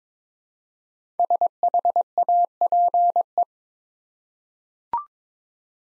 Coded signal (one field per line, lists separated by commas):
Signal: Morse code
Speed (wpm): 22 wpm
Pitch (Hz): 700 Hz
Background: none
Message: SHAPE